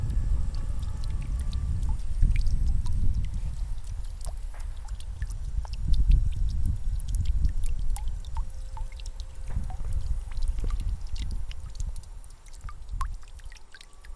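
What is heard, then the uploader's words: Water drips from a leaky pipe, small bright plinks landing irregularly, several each second, for the whole clip. Underneath runs a steady low rushing and gurgling that swells and eases a little and thins out near the end, with a faint hum. The droplets of this leaky pipe at a Viennese cemetery caught my attention on a stroll, because I found their melody when diving into the basin to be beautiful and calming. There's also a bit background noise and the gargling voice of the pipe itself. Cemetery water drops.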